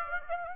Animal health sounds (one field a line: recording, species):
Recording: mosquito wingbeat signal from an infrared sensor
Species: Aedes aegypti